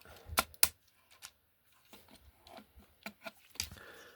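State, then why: Seated. A plastic panel of a transforming robot toy is pushed into the toy body while converting it into train mode, giving a sharp, loud plastic click at 0.6 s. Softer taps and rattles of handled plastic parts follow through the rest of the clip, and the piece seats in place.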